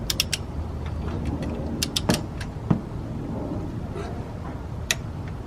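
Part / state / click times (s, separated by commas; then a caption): click-type torque wrench tightening a brake bolt on a car front axle / torque reached / 4.9 s. A click-type torque wrench tightens a brake caliper or bracket bolt on the front axle of a 2005 Chrysler PT Cruiser, with creaking, ratcheting strokes and sharp ticks early on. At 4.9 s the wrench gives a small, easy-to-miss click as it reaches the set torque.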